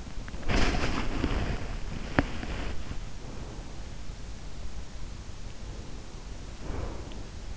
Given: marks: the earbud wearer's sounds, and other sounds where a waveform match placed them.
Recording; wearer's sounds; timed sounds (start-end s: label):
sounds in sleep by an in-ear microphone; body movement, teeth grinding, breath
0.42-2.97 s: body movement
1.96-2.37 s: teeth grinding
3.24-4.03 s: breath
6.51-7.52 s: breath